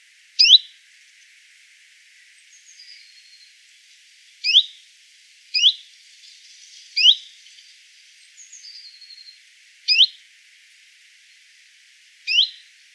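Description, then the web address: Common chiffchaff repeating brief upslurred 'hweet' notes, spaced one to four seconds apart, over soft background twittering and a few thin high whistles. "phylloscopus collybita call"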